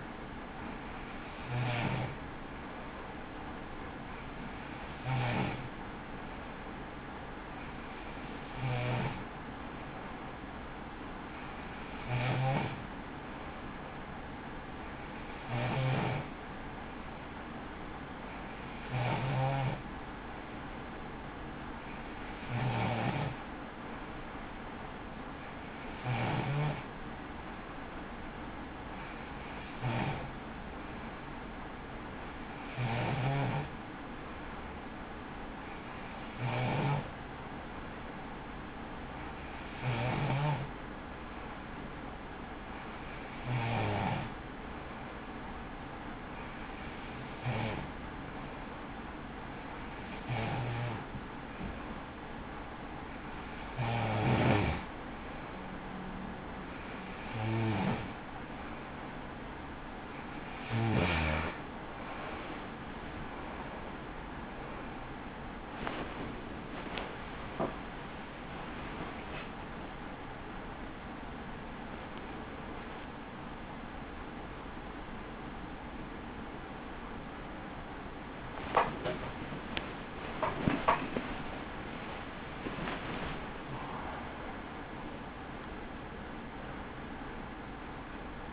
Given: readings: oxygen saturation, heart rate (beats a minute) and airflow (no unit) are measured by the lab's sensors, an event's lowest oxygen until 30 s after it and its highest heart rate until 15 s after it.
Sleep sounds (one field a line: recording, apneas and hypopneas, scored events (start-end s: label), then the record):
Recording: breathing in sleep by a voice recorder at the bedside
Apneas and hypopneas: 1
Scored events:
43.00-67.10 s: hypopnea (N3, oxygen 94% highest, then 94% lowest)
65.00-88.53 s: new sleep stage, awake
66.00-88.53 s: awake
From the record:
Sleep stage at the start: N3 (deep sleep)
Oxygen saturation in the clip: 94 to 95%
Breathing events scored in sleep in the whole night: 83 in 6.1 hours asleep